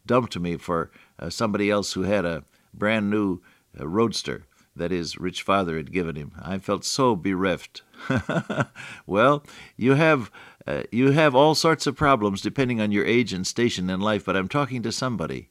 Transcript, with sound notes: dumped me for somebody else who had a brand new roadster that his rich father had given him. I felt so bereft. [chuckle] Well, you have all sorts of problems depending on your age and station in life, but I’m talking to somebody